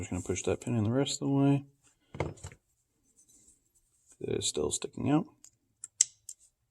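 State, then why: Seated. A pin is pushed the rest of the way into the steel frame of a CZ 75 D Compact (P-01) pistol during reassembly while someone talks, with faint taps around it. A sharp little click at 6.0 s is the retaining spring tightening around the center of the pin. The pin is seated and held so it won't walk out.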